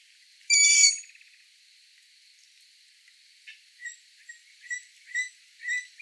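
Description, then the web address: Long-eared Owl making a single strained, squealing call, then a run of short chirps about every half second against a thin background hiss. "asio otus call"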